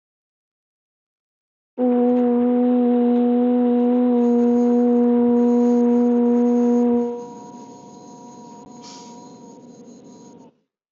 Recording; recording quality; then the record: sustained vowel as in boot; excellent, no background noise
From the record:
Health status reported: healthy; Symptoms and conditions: hypertension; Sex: female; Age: 36 years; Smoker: not ticked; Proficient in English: yes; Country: India